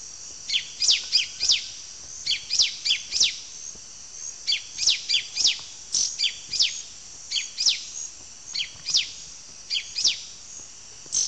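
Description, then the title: Yellow-green grosbeak giving a lively run of high, quick, down-slurred notes in tight bursts, repeated many times. Nominate subspecies canadensis. "LuckyPassaro Completos2Sama. Yellow-green Grosbeak (Caryothraustes canadensis canadensis)"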